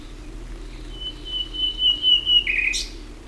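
Common nightingale song: a long, steady whistled note that ends in a short dry rattle, with a low steady hum underneath.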